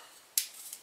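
A punched paper chevron strip pops out of its interlock with another strip, and the interlocked paper strips come apart easily. A sharp, bright snap is heard at 0.4 s, followed by a fainter tick at 0.7 s against a quiet background. The strips are released.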